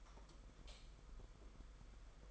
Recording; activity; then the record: daily activity, microphone in the room; light off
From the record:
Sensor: 5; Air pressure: 991.1 hPa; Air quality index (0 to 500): 109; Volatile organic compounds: 25 ppm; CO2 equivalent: 2832 ppm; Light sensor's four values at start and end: 19/48/19/21 and 18/42/17/19